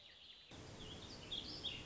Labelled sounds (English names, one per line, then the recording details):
Warbling Vireo
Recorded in Sonoma County, California